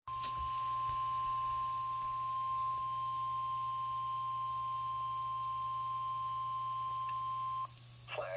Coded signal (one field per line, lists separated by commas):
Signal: Emergency Alert System (SAME) tones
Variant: 1050 Hz attention tone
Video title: NOAA EAS Alert #32/ TV EAS Alert #17: Flash Flood Warning (FFW) San Bernardino County, CA